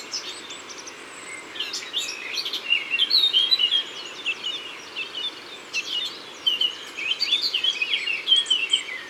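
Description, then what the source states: Eurasian blackcap: a run of scratchy, tumbling warbles in several bursts, over a constant low hiss. Recorded in Isère.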